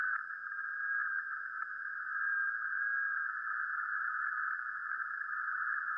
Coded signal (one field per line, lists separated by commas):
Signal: FT8